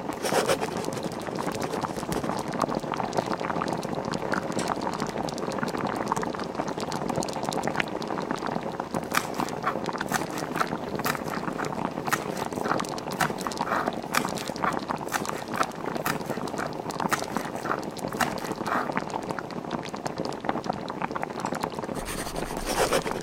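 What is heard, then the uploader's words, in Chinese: Someone is cooking in a home kitchen: a steady, dense sizzle and bubbling runs the whole time, dotted with quick clicks and clatters of utensils. A low murmur from a television or radio sits underneath, mid-pitched and constant, with no real pauses. 妈妈在做饭 爸爸在看报 你在写作业。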